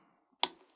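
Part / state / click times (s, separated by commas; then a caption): plastic retention clip into AIO cooler mounting ring / seated / 0.4 s. A plastic retention clip is pressed down into the empty sections of an AIO CPU cooler's mounting ring on the motherboard. After near silence, one sharp, bright click rings out at 0.4 s and decays quickly, followed by a faint tick at 0.7 s. The clip snaps home and is seated.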